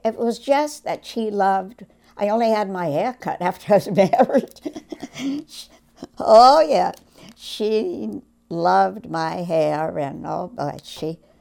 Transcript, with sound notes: It was just that she loved—I only had my hair cut after I was married. (laughs) Oh, yeah. She loved my hair, and oh, God, she